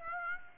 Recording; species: mosquito wingbeat signal from an infrared sensor; Aedes aegypti